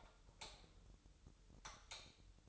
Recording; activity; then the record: daily activity, microphone in the room; light off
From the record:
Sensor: 3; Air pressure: 988.4 hPa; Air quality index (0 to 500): 189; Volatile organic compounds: 244 ppm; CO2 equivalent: 4344 ppm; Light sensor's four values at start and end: 11/29/12/12 and 11/29/12/12